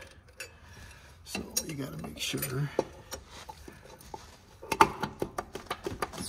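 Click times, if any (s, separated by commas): 4.8 s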